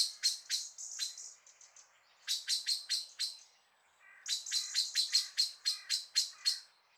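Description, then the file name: Common blackbird calling with rapid hard ticking notes, about four per second, in three bursts separated by short pauses. "Turdus merula"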